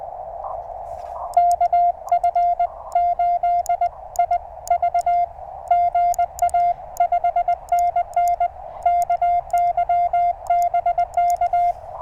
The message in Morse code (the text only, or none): KF8IV GA 5NN KY BK